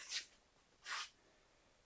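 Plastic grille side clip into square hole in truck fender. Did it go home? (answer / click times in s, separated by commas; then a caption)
no / none. A plastic side clip on the grille of a 1999–2006 GMC Sierra or Yukon is lined up with the small square hole in the truck fender before being pushed in. Two brief, soft broadband rubbing sounds come at about 0.1–0.3 s and 0.85–1.1 s, with quiet in between and after. Nothing has clicked or seated yet.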